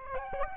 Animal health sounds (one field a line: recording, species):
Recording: mosquito wingbeat signal from an infrared sensor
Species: Aedes aegypti